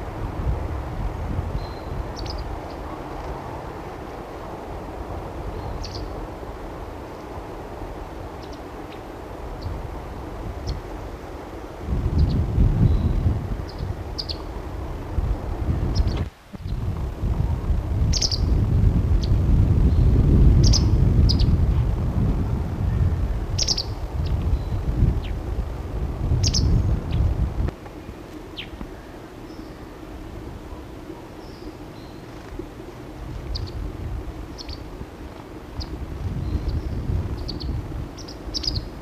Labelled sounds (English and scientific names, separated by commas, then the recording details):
White Wagtail (Motacilla alba) call
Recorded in the wild
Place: Wegfurt, DE
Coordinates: 50.3972, 10.0869
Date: 1964-04-04
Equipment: Uher Report 4000, AKG D190
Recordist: Krey, Winfried
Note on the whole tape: Rufe